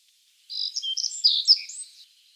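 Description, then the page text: Black-faced bunting singing one short, quick phrase of high, jingling chirps and buzzy notes, lasting about one and a half seconds, with quiet surroundings. Recorded in Russia. "Птицы России - Седоголовая овсянка (Ocyris spodocephalus)"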